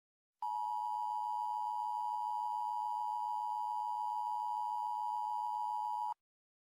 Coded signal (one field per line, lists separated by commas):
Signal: Emergency Alert System (SAME) tones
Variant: 853 and 960 Hz attention tone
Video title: EAS scenario:end of the world